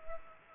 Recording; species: mosquito wingbeat signal from an infrared sensor; Culex pipiens